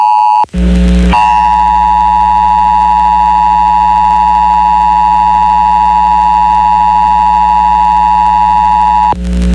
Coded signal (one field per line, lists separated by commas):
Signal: Emergency Alert System (SAME) tones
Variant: 853 and 960 Hz attention tone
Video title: Pennsylvania Required Monthly Tests (1/20/22)(EAS 1054-1061)